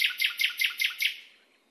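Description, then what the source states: Nightingale: songbird giving six quick, rich repeated notes about a fifth of a second apart, fading out at the end. Masteran recording, a song recording used to train cage birds.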